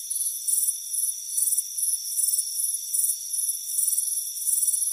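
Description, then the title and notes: Shrill cricket chirping in quick pulsed groups, repeated at a steady pace, with a steady high insect tone behind. Crickets chirping on a warm afternoon by a front porch. "Soothing Crickets Chirping Sound. It's a warm afternoon as you relax in a hammock on the front porch. Relax and fall asleep to the soothing sound of chirping crickets. Deep Sleep Sounds"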